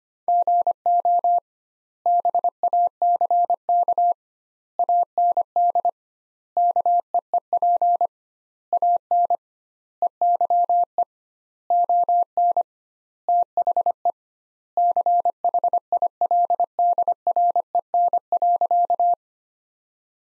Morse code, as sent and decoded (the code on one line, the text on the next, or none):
--. --- / -... .- -.-. -.- / .- -. -.. / -.- . . .--. / .- -. / . -.-- . / --- -. / - .... . / -.-. .... .. .-.. -.. .-. . -. .-.-.-
GO BACK AND KEEP AN EYE ON THE CHILDREN.